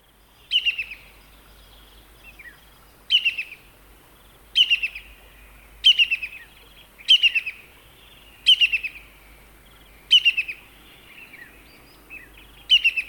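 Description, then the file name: Brown-hooded kingfisher giving short, high chattering bursts of notes, repeated every one to three seconds in a quiet setting. "Brown-hooded Kingfisher (Halcyon albiventris)"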